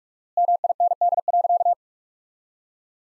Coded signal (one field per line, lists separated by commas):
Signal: Morse code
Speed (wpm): 47 wpm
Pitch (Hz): 700 Hz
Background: none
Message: MIND.